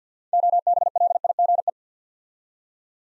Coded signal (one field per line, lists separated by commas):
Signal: Morse code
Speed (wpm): 49 wpm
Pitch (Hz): 700 Hz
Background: none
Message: OBLIGE